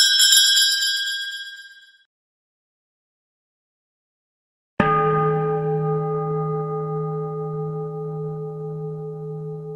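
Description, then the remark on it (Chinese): A hard-to-find electronic wind chime, of the kind used by a swindling fortune-teller, rings with a bright, high metallic tone that fades away, then after a pause sounds a louder, lower-pitched ring that keeps humming steadily. “我这个有个很难找得到的电子风铃， OK?”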